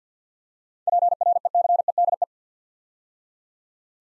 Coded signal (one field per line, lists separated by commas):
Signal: Morse code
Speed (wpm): 52 wpm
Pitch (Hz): 700 Hz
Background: none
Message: PRECEDE